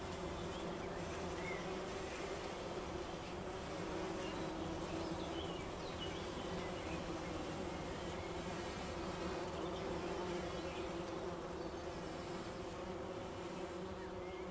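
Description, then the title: Bumblebee humming softly, a steady drone partly blurred by broad background noise, with a few faint high chirps now and then. Bumblebee buzzing recorded in Wülfel, Hannover, Germany. "Wülfel, Hannover, Deutschland - Hummelgebrumm"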